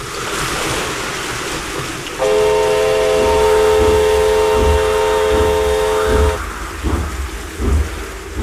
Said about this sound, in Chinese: 火车慢慢地驶了过来，驶进了漫着水的路基。